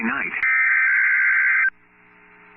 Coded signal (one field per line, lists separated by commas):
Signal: Emergency Alert System (SAME) tones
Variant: header bursts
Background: speech